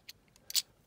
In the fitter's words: our interior pops into place.